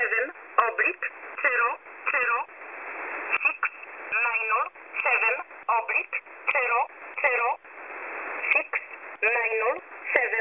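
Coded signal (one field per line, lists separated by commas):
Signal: numbers station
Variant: E11 Oblique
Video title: E11 Oblique 24/04/2024 1045 UTC 12385kHz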